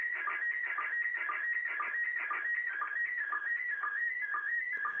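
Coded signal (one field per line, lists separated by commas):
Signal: SSTV (slow-scan television)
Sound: warbling, chirping tone with a short low blip about twice a second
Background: radio static, room echo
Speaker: this is just acoustically coupled it's listening to the radio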